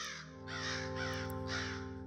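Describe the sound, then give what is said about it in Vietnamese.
Crows caw from the sky in a series of harsh, raspy calls, about four bursts in quick succession over a steady low hum, loud and insistent. “Từ trên tầng không, tiếng quạ, tiếng chim lợn bắt đầu kêu lên ầm ĩ như đòi ăn chia xác.”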